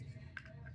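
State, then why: Seated. A part of a Glock 43X pistol build is pushed fully home into the frame, giving a sharp click at 0.4 s, followed by a fainter click at 0.7 s over a low steady hum. The component is locked all the way into place.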